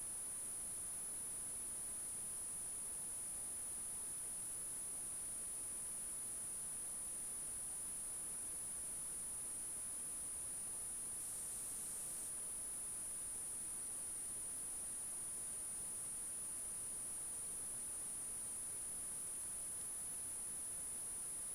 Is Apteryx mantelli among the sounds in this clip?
no